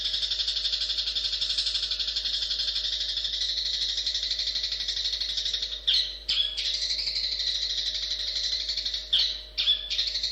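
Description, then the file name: Long-tailed shrike giving a long, unbroken, harsh buzzy trill, briefly interrupted twice by short sharp notes, with a faint low hum in the background. "suara burung cendet"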